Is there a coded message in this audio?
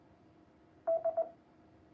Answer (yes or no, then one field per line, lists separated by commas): no